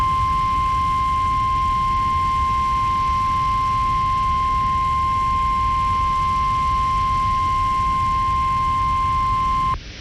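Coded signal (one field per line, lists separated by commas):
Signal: Emergency Alert System (SAME) tones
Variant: 1050 Hz attention tone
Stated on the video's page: Tornado warning EAS activations aired on a news and talk radio station during a hurricane.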